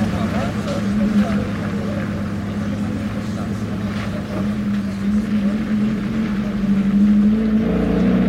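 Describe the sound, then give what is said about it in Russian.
A car carrying two police officers in front and one officer in the back with passengers drives along with a steady, low engine drone and a humming tone that holds throughout, swelling slightly toward the end, with no clear voices over it. “Садятся, едут. Двое полицейских впереди, один в салоне с пассажирами.”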